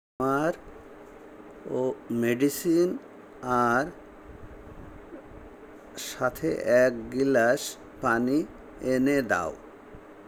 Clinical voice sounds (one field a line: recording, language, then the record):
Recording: elicited speech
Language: Bengali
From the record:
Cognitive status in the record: dementia